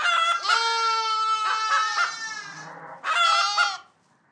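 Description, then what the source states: Chicken bawking, several loud harmonic squawks, then silence. Chicken bawking in a barn animals recording.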